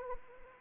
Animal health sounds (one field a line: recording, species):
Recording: mosquito wingbeat signal from an infrared sensor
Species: Anopheles arabiensis